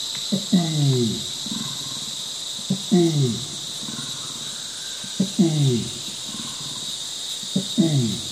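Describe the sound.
Orangutan long call: series of low, harsh falling pulses with rumbling trails, spaced roughly two and a half seconds apart, with constant high-pitched insect buzzing behind.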